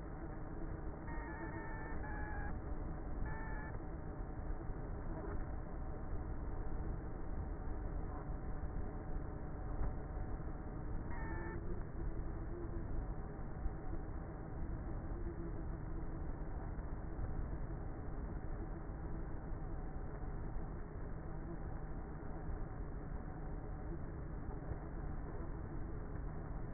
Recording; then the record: honeybee colony, microphone inside the hive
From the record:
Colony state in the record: queenless with a low population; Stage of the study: before two queens were removed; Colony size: about 30,000 bees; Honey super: no